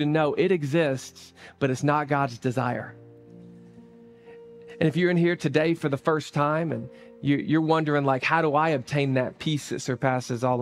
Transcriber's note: none